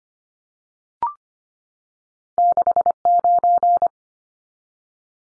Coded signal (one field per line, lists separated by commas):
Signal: Morse code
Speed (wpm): 25 wpm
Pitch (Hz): 700 Hz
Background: none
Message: 69